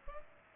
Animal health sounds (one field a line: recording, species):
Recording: mosquito wingbeat signal from an infrared sensor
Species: Culex pipiens